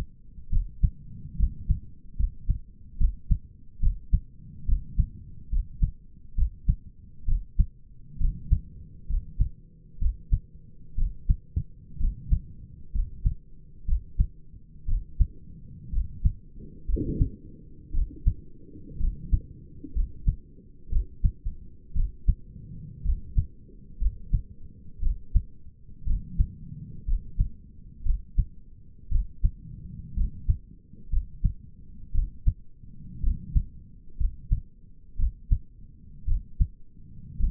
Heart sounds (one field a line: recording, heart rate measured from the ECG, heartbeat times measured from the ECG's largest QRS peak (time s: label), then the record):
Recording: heart sounds by stethoscope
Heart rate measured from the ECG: 62 bpm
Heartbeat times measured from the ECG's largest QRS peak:
0.52 s: heartbeat
1.39 s: heartbeat
2.18 s: heartbeat
3.00 s: heartbeat
3.82 s: heartbeat
4.68 s: heartbeat
5.52 s: heartbeat
6.37 s: heartbeat
7.28 s: heartbeat
8.20 s: heartbeat
9.09 s: heartbeat
10.01 s: heartbeat
10.98 s: heartbeat
12.00 s: heartbeat
12.94 s: heartbeat
13.88 s: heartbeat
14.88 s: heartbeat
15.93 s: heartbeat
16.88 s: heartbeat
17.94 s: heartbeat
19.00 s: heartbeat
19.95 s: heartbeat
20.92 s: heartbeat
21.95 s: heartbeat
23.05 s: heartbeat
24.01 s: heartbeat
25.02 s: heartbeat
26.07 s: heartbeat
27.07 s: heartbeat
28.05 s: heartbeat
29.11 s: heartbeat
30.16 s: heartbeat
31.12 s: heartbeat
32.14 s: heartbeat
33.23 s: heartbeat
34.19 s: heartbeat
35.18 s: heartbeat
36.27 s: heartbeat
37.39 s: heartbeat
From the record:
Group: healthy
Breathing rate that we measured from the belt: 17 breaths a minute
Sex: male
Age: 22 years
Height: 181 cm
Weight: 79 kg